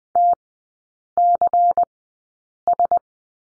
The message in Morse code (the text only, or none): TCS